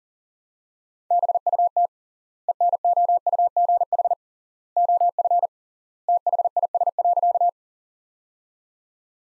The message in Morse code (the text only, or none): BUT ENOUGH OF THIS.